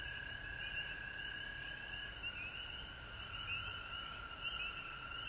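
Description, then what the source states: Frogs calling in a dense chorus: a steady high trilling drone with short upward-sliding notes repeating throughout, over faint low rumble. Recorded at home in Georgia on March 19, 2020.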